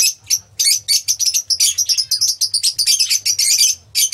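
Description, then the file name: Lovebird chattering song: dense, shrill, high-pitched chirps in rapid bursts, with brief pauses near half a second and four seconds. "lovebird omkicau"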